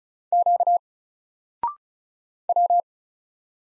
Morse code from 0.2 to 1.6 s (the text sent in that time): Q